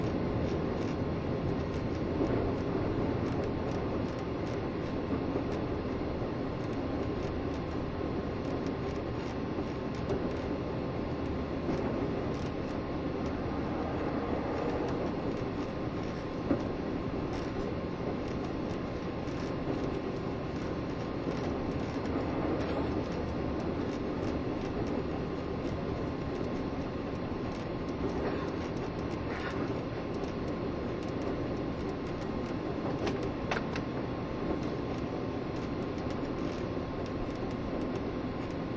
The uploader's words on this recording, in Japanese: 台鐵EMU1200型 自強號122次02 新營～彰化。縦貫線を北上する自強號のうち、吊掛駆動車両の台鐵EMU1200型電車を収録したものです。吊り掛け駆動独特のモーター音を唸らせながら爆走しています。収録年月:2013,03。